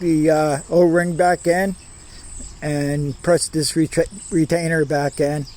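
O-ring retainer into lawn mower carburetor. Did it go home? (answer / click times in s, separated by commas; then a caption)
no / none. Someone talks while handling a lawn mower carburetor, about to put the O-ring back into the carburetor intake and press its retainer back in by hand, with a steady high insect-like chirping outdoors in the background. The O-ring retainer has not seated or clicked into the carburetor yet.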